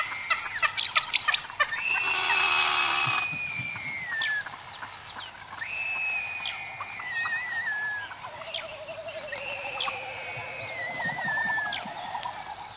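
Frigatebird calls: a burst of clicking, a harsh rasp, then drawn-out falling whistles and a low wavering trill amid soft chatter.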